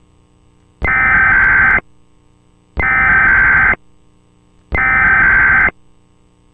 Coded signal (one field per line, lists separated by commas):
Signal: Emergency Alert System (SAME) tones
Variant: header bursts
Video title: EAS MOCK - Local Area Emergency (WS4000)